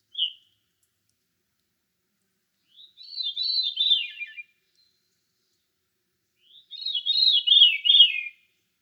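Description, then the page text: Thrush singing: a short high note followed by two fluid, warbling whistled phrases a few seconds apart. A single thrush singing solo in deciduous forest. "Deciduous Forest Thrush Solo. Quick Sounds"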